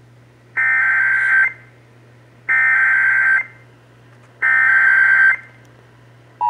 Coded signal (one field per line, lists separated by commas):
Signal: Emergency Alert System (SAME) tones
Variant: header bursts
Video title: (EAS #481) Severe Thunderstorm Warning (WBAP-AM)